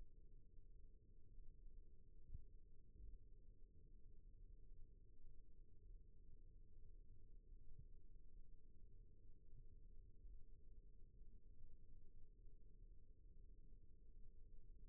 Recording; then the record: forearm muscle sounds (acoustic myography)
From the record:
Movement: rest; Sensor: system 1, eight BSWA MPA416 microphones around the upper forearm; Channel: 2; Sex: female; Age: 21 years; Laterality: right